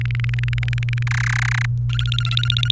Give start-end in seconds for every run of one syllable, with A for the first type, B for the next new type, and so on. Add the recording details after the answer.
0.01-1.03 A, 1.07-1.66 B, 1.89-2.71 C. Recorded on 28 April 2018 at 17:56. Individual llb3